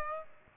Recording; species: mosquito wingbeat signal from an infrared sensor; Aedes aegypti